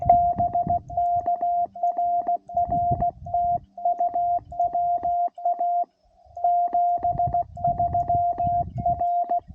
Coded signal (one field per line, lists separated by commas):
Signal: Morse code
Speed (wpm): 16 wpm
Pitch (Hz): 700 Hz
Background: none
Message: BK RR TU WA 73 R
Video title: CW Pota Activation US-11199